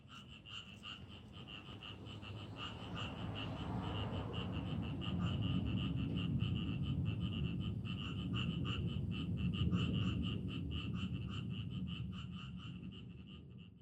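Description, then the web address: Frog calling, rapid pulsed notes repeating several times a second over a continuous low rumble. "muhammad 384. Frogs"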